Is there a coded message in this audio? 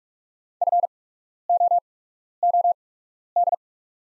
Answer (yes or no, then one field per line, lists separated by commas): yes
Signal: Morse code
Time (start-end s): 0.6-3.5 s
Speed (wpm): 48 wpm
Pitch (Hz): 700 Hz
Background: none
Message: FOOD